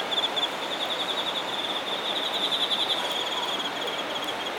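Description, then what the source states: High insect trills pulse quickly throughout, with an even higher faint buzz and constant background hiss. Singing insects recorded in Shinagawa, Japan.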